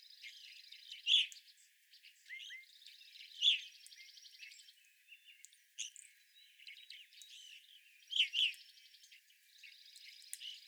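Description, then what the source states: Evening grosbeaks give strong, ringing calls, some in quick pairs. A rapid dry trill repeats between them, with scattered soft chirps. 25 April 2021.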